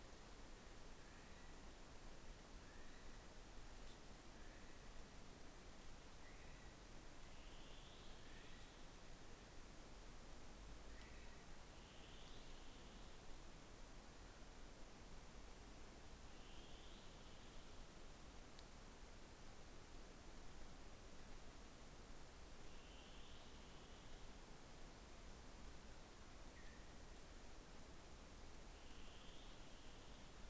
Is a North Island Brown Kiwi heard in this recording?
yes